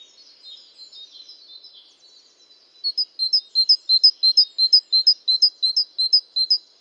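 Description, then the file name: Great tit: soft twittering at first, then a loud, steady run of high paired notes repeating roughly three times each second. "Parus major"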